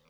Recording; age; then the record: pig call; piglet (1 to 25 days)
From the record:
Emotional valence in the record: positive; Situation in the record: short reunion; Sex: female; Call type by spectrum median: low-frequency call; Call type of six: low-frequency tonal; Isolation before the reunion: 3 minutes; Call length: 0.10 s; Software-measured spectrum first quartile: 431 Hz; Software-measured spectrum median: 1295 Hz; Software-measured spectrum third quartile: 3873 Hz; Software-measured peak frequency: 522 Hz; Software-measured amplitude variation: 38 dB a second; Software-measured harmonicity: 1.1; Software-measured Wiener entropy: -1.41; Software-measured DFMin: 728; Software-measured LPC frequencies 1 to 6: 489, 1214, 2329, 3631, 4672, 5693 Hz